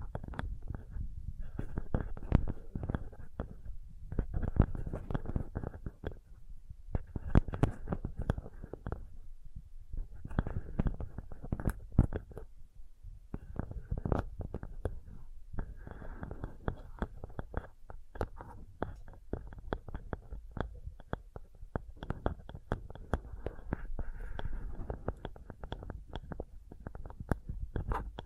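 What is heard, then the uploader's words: Soft, dense tapping comes in quick irregular bursts with brief pauses, mostly low and muffled with occasional brighter clicks throughout. Sensitive Tapping.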